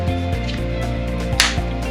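A dashcam body is slid into its adhesive mount bracket, which is taped to the windshield, over steady background music. A single sharp click at 1.4 s marks the camera seating and locking into place.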